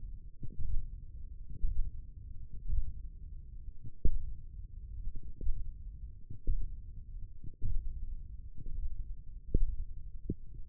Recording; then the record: forearm muscle sounds (acoustic myography)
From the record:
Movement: finger pinch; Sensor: system 1, eight BSWA MPA416 microphones around the upper forearm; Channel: 4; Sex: male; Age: 20 years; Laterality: left